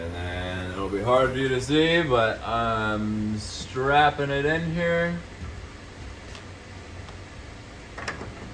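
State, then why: Not seated. A mover fits the metal end fitting of a cargo strap into a truck's wall track to secure stacked moving pads. Someone talks for the first five seconds, followed by quiet handling noise and two brief sharp handling sounds near 8.0 and 8.1 seconds. The fitting has not clicked or seated into the track yet.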